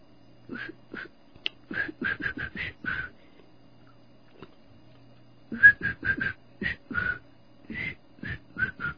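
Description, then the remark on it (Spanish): A person whistles a tune in short, choppy notes, one phrase of quick bursts, a brief pause, then a second similar phrase. No one speaks over it. “Digo, se me sale un silbido.”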